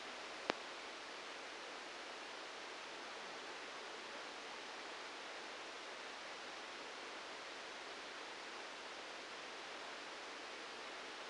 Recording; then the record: brain microelectrode recording played as sound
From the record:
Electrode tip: outside the subthalamic nucleus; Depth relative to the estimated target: -1 mm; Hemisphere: right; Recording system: NeuroSet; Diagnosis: Parkinson's disease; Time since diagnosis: 9 years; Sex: male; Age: 56 years